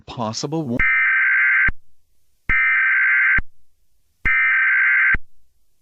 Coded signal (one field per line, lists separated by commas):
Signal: Emergency Alert System (SAME) tones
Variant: header bursts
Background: speech